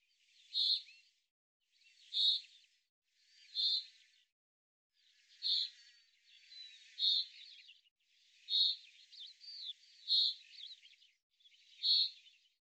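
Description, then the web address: Bird calls, a steady series of high chirps about every one and a half seconds, some run together with twittering notes. "Deverinetal 2025 File cleaned normalized Bird Fr Co"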